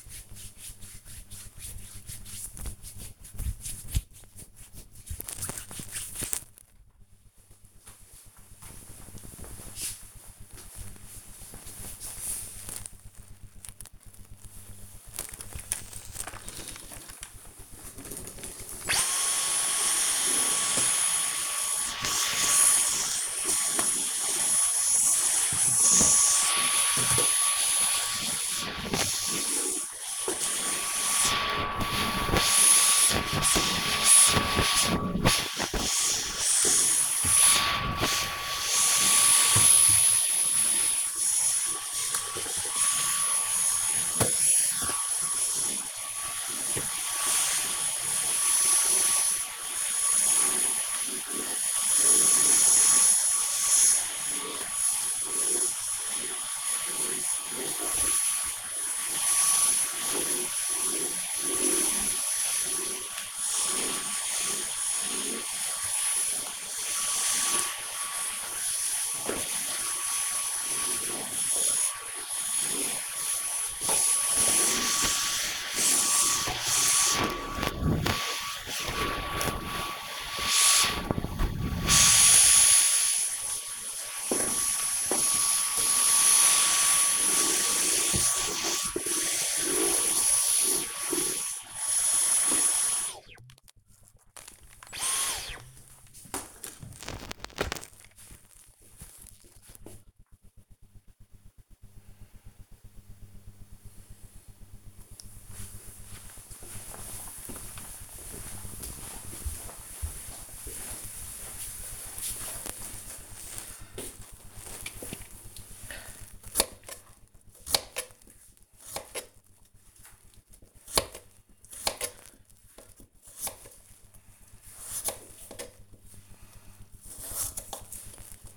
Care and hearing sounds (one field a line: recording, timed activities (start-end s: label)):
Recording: household activities, microphone on the right wrist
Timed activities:
0.00-6.73 s: disinfecting hands
13.79-93.32 s: vacuum cleaning
113.43-128.57 s: cutting vegetables